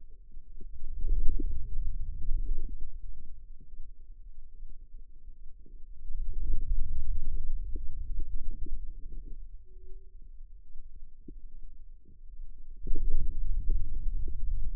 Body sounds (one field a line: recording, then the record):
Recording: forearm muscle sounds (acoustic myography)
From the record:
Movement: hand opening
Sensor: system 2, bracelet of six BSWA MPA416 microphones around the upper forearm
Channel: 6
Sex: female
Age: 25 years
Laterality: right